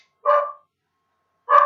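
Two sharp dog barks separated by about a second of silence, each a short, loud, mid-pitched burst with no voices around them.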